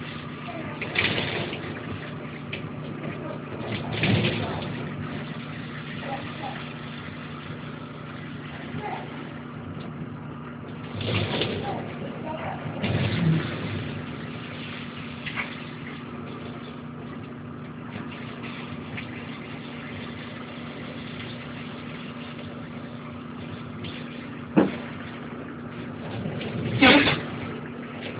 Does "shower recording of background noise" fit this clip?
yes